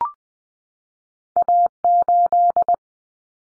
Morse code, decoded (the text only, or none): A8